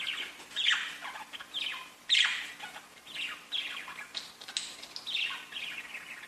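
Budgerigar chirps and squawks, scratchy descending notes in irregular groups, one sharp loud squeak, over a low steady hum.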